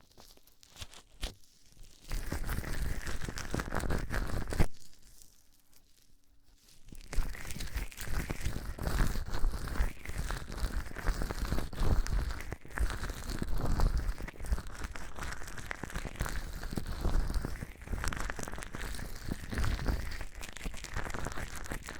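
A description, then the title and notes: Gloved hands rub and squeeze foam in a dense, continuous crinkling and rustling that swells and eases in uneven waves. Two short rubbing bursts come in the first seven seconds, separated by near silence. From about seven seconds the rustling runs without a break to the end. ASMR gently massaging your Ears 3Dio Ear massage with gloves & foam.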